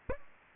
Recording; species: mosquito wingbeat signal from an infrared sensor; Aedes aegypti